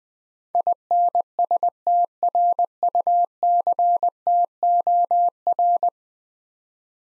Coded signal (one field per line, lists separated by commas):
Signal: Morse code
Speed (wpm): 20 wpm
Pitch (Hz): 700 Hz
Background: none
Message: INSTRUCTOR